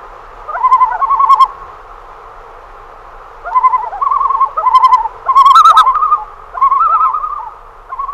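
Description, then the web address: Common loon giving loud quavering tremolo calls in several bursts, a shaky laughing pattern with short pauses between phrases. "great northern loon"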